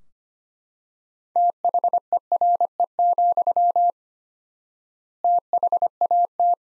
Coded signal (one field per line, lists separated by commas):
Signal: Morse code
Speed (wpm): 25 wpm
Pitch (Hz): 700 Hz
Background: none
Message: THERE, THAT